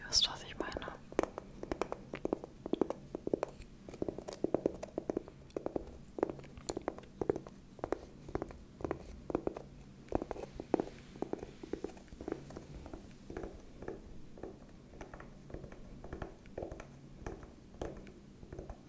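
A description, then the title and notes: Tapping in quick, fairly regular strikes runs for the whole clip, each tap short and crisp with a bright click over a soft thud. The pace stays busy and even, loudness steady, with a low hum underneath throughout. Tapping ASMR.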